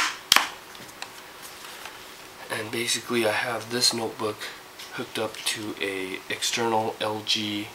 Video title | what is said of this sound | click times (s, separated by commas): MSI wind notebook memory test x86 verify your ram memory | the back of the notebook it actually comes up a little waves snaps right in like this and basically | 0.3 s